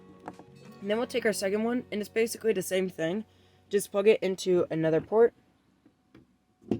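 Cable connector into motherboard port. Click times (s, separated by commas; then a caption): 0.3 s. A cable connector is pushed into a motherboard port and seats with a short, sharp click at 0.3 s. Someone then talks, and faint sharp sounds follow near the end.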